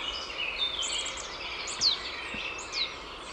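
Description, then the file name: Marsh tit calls: a few sharp, high, down-slurred notes, two loudest near the middle and end, over background noise. "Poecile palustris"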